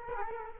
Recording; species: mosquito wingbeat signal from an infrared sensor; Culex quinquefasciatus